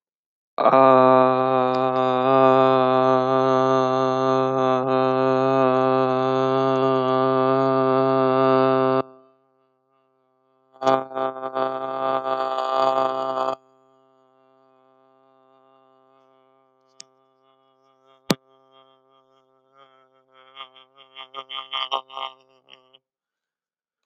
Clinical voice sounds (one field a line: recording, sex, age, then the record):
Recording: vowel held as long as possible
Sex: male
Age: 20 to 29 years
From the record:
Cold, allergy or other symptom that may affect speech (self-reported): no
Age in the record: 27 years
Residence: Texas, United States